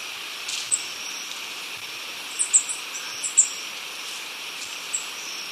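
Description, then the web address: Saffron-crowned tanager: several very high, thin, sharp notes, scattered and partly in a short cluster, over a steady hiss. Recorded in Ecuador. "S America Birds of Ecuador. Saffron-crowned Tanager"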